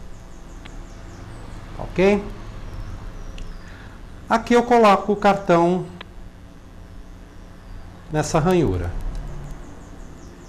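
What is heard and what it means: A memory card is placed into a camera's card slot and lined up there, with faint short ticks of handling around 0.7 s and 3.4 s while someone talks. The card has not yet been pressed down and nothing has clicked or seated.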